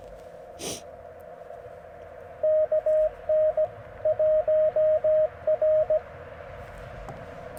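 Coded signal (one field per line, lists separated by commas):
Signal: Morse code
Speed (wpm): 18 wpm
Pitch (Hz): 590 Hz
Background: radio noise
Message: KN 1R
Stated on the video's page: QRP CW Parks on the Air activation, keyed with a cootie key (sideswiper) and later a single paddle on 30M; Icom IC-705 with magnetic loop antenna.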